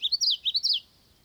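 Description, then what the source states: Bird song: a brief burst of about six quick, high, sweeping whistled notes rising and falling, lasting under a second, then quiet with faint low background hiss. European marsh.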